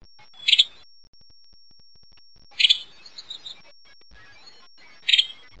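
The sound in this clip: Western tanager calls: three short clustered notes about two seconds apart, with a few fainter notes between them, over a quiet background.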